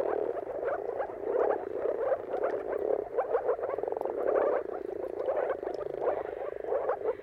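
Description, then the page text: Moor frogs give a dense bubbling chorus, many short muffled notes overlapping and pulsing in loudness throughout. Mating calls of many moor frogs at sunrise, a spectacle seen at the turn of March and April depending on the weather. "Dawn’s Chorus: Mating Calls of Marsh Frogs at Sunrise. Depending on the weather at the turn of March and April, you can witness an amazing spectacle of moor frogs. Jakub Orzecki. earth.fm"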